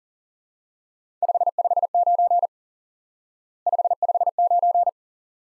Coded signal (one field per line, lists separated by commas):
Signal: Morse code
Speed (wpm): 44 wpm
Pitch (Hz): 700 Hz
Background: none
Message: 559 559